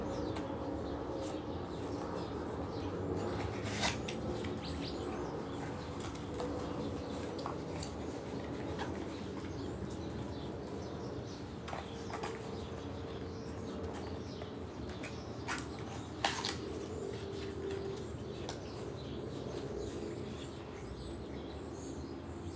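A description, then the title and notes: A quiet residential backyard in the morning, with a steady low hum of neighborhood noise filling the background. Birds call now and then, including soft low cooing, and a few brief sharp clicks or knocks stand out, one near 16 seconds. Sunday morning mist in my backyard in Phoenix Arizona. There’s a gentle hum from our heat pump that stays on throughout the session that is an excellent brownian-type noise. The neighborhood sounds, the birds chirping.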